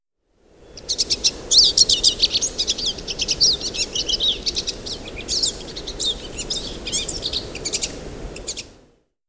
Pine Siskin song recorded on the Fern Lake Trail in Rocky Mountain National Park.